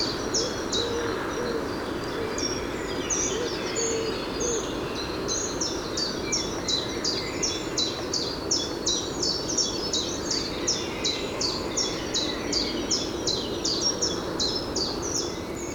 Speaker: Ja, het is een heel eentonig liedje. Ja. Dit is de tjiftjaf.